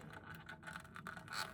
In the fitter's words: and then you will hear a snap.